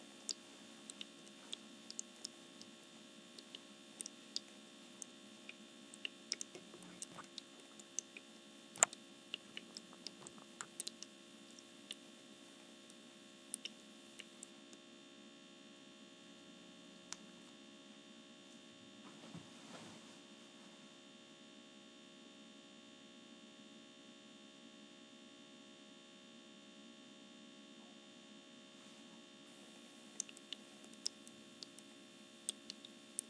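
An essential oil diffuser runs with a steady low hum and a thin, constant hiss over it. Small clicks and ticks pop up irregularly, clustered in the first fifteen seconds and again near the end, with a quiet stretch between.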